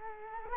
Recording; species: mosquito wingbeat signal from an infrared sensor; Culex quinquefasciatus